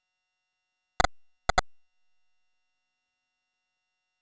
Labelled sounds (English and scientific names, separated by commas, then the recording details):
Domestic Canary (Serinus canaria) song
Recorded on 23 April 2018 at 14:19
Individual llb3